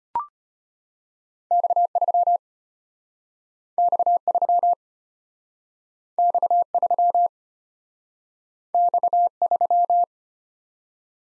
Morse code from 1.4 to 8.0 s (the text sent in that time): X3 X3 X3